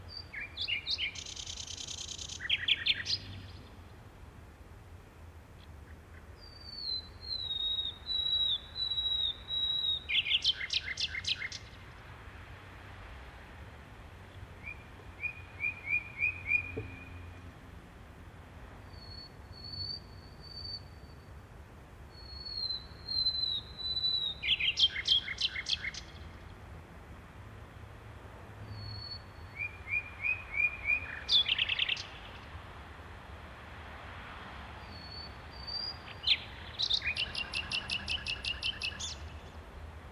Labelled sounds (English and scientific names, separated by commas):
Common Nightingale (Luscinia megarhynchos) song